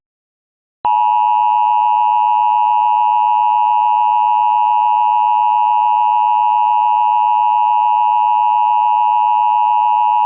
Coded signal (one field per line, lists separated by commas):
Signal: Emergency Alert System (SAME) tones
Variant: 853 and 960 Hz attention tone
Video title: EAS #13 - SVT